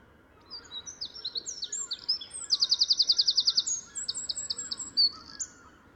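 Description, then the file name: Eurasian wren song: a burst of sharp, very high notes leads into a rapid, evenly spaced trill, followed by further quick chattering phrases. "Troglodytes troglodytes"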